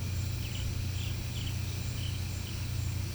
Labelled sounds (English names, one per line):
none